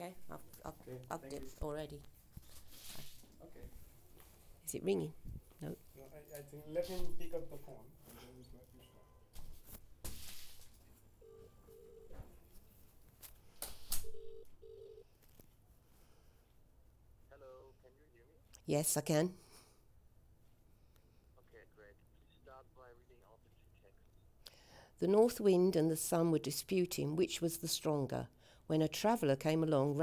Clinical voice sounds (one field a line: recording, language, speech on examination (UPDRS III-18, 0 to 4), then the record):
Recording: text read into a phone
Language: English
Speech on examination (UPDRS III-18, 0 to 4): 0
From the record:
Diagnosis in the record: healthy control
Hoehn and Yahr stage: 0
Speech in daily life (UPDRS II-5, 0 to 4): 0